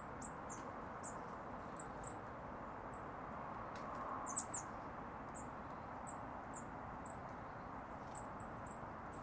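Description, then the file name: Eurasian blue tit giving a loose series of brief, high-pitched call notes, some paired, over a soft background hiss. "Cyanistes caeruleus"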